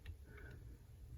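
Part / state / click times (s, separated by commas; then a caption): valve train part seated into its pocket on a cylinder head / not seated / none. A big screwdriver pries a valve train part up toward its pocket on a small block Buick 350 cylinder head during assembly. A brief sharp tick at 0.1 s and a few faint ticks sound over a steady low hum. Nothing has seated or clicked into the pocket yet.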